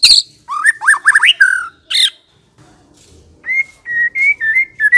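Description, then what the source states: White-rumped shama song: varied squawky and whistled phrases with rising, looping notes, a short pause, then a run of steady clear whistles. Lure (pikat) song of the white-rumped shama.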